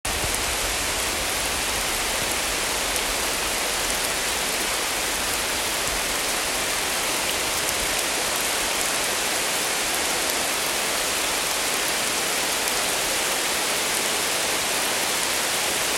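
Steady, dense rain falls on forest leaves, a constant bright hiss with fine pattering throughout and no distinct events or pauses.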